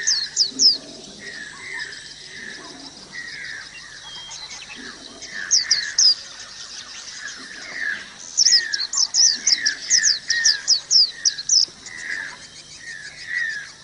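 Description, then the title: Oriental magpie-robin song: scattered high chirps building into a long, rapid trilled series, over repeated lower downslurred whistles. "Kicau Kacer"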